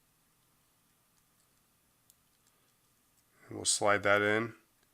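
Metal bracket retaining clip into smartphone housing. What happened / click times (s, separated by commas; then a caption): The bracket clip is handled but not yet seated / none. During an iPhone 4S power flex repair, the small metal clip that holds the bracket is handled for sliding into the smartphone housing, with only faint quiet handling noise at first. Someone then talks near the end. Nothing has seated or clicked yet.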